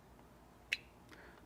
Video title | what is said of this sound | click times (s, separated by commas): The Ultimate BMW Start/Stop Engine Button Install Guide 2020. M4 M3 F82 F80 F30 | put it right where it belongs and push until it clicks, | 0.7 s